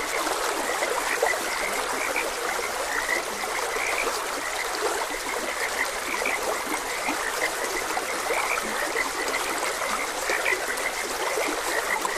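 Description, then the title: Frogs give brief high croaks scattered throughout, partly masked by continuous trickling, rushing water. Frogs croaking beside a gentle stream. "Gentle Stream and Frogs Croaking"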